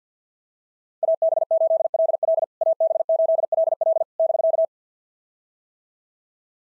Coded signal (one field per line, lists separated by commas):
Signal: Morse code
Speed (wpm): 50 wpm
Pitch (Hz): 660 Hz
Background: none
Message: AB8LL AB8LL <BK>